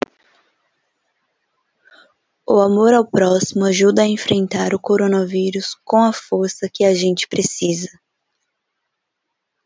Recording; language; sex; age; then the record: spoken sentence; Brazilian Portuguese; female; 30 to 39 years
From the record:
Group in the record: control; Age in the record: 30 years